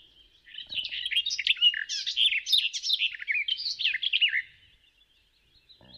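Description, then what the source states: Garden Warbler song, a sustained warbling run of soft, quick, rich notes lasting about four seconds, with no clear whistles; otherwise quiet. Soft notes resembling a sped-up Blackbird recording; resembles Blackcap song but lacks its clear whistled notes; grey head.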